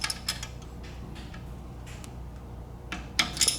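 A torque wrench is moved to the top bolt of a star pattern on a titanium five-blade propeller hub and pulled until it breaks over. Light metallic clicks and taps come at about 0.0–0.3 s, with another at 2.9 s, and the wrench gives its sharp click at 3.2 s, followed by a smaller tap near 3.5 s. The bolt reaches 175 in-lb, confirmed by the click.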